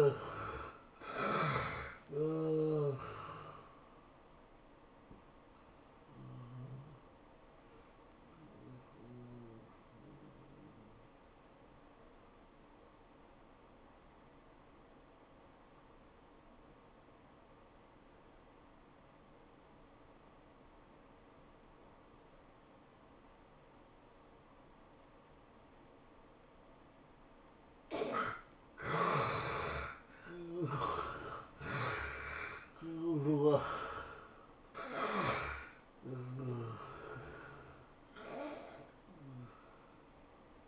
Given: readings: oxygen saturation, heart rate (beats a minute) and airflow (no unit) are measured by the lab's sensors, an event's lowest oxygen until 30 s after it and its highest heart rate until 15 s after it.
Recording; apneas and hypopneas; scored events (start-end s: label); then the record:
breathing in sleep by a voice recorder at the bedside; 1
3.00-28.50 s: hypopnea (N1, oxygen 97% highest, then 74% lowest, heart rate 106 at the start, 108 highest)
From the record:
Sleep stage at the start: N1 (lightest sleep); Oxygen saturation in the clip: 74 to 97%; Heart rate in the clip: 78 to 108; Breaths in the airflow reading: 5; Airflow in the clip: -13.2 to 10.7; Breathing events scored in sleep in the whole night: 403 in 5.5 hours asleep